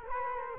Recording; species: mosquito wingbeat signal from an infrared sensor; Culex quinquefasciatus